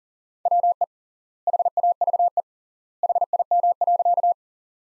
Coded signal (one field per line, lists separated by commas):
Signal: Morse code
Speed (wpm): 40 wpm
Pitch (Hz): 700 Hz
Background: none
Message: WE HAVE HIM.